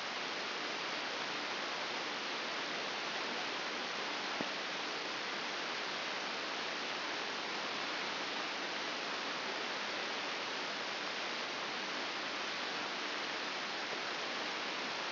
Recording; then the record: brain microelectrode recording played as sound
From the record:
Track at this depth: outside the subthalamic nucleus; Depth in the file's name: 6.861 mm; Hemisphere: left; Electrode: 2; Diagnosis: Parkinson's disease